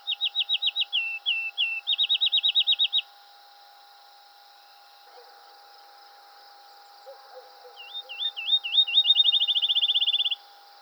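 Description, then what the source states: Field sparrow song: two high whistled series, each of slurred notes speeding into a fast even trill, the second after a pause, over a steady low hum. Recorded 7 July 2007.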